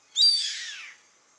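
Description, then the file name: Yellow-headed caracara giving a single harsh, hoarse scream that starts high and slides downward, lasting under a second, then silence. "Canto do gaviao carrapateiro Milvago chimachima"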